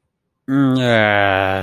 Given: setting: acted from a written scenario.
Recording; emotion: vocal sound without words; ecstasy